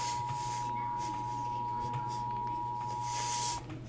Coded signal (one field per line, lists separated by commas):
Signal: Emergency Alert System (SAME) tones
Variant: 853 and 960 Hz attention tone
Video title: EAS Scenario The Night of the Nightmares Reaction